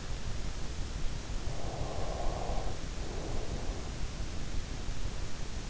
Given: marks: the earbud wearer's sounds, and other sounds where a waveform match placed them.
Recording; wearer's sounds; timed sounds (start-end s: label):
sounds in sleep by an in-ear microphone; breath
1.39-4.56 s: breath